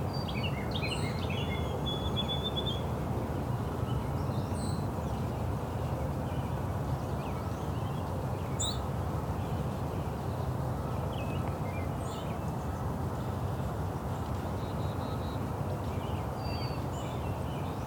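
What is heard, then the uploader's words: A dawn chorus at sunrise in Cootes Paradise, with many small bird calls and chirps scattered high above a heavy, steady low rumble of city traffic. The calls come every second or so, some quick trills and repeated notes, while the rumble never lets up. Dawn Chorus in Cootes Paradise. At sunrise in Cootes Paradise, the dawn chorus can overwhelm all the sounds of the city. Recorded, engineered, narrated and created by the host.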